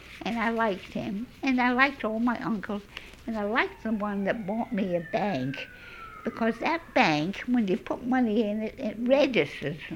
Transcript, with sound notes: And I liked him, and I liked all my uncles. And I liked the one that bought me a bank, ( sirens are heard in the background ) because that bank, when you put money in it, it registers.